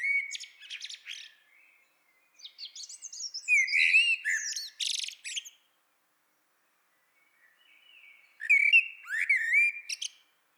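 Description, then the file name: Common blackbird singing three phrases of rich warbled whistles that break into shrill, scratchy twittering, separated by gaps of quiet. "Turdus merula"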